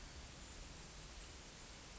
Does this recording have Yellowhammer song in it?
no